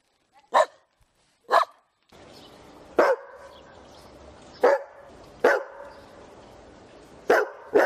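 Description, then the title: Dog gives single sharp barks a second or two apart, with a low steady hum behind the later ones. Compilation of several dogs barking, presented as funny. "Los mejores LADRIDOS DE PERROS 🐶 Perros LADRANDO"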